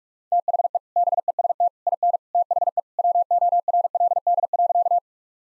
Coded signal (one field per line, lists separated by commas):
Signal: Morse code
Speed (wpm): 41 wpm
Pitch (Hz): 700 Hz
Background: none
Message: THE BEST IN THE WORLD.